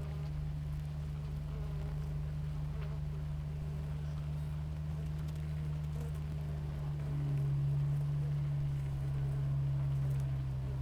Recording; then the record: honeybee colony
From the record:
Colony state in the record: active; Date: 28 July 2017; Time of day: 6:04